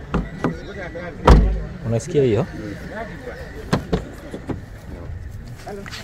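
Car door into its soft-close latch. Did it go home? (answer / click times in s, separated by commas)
yes / 0.1 s, 0.4 s, 1.3 s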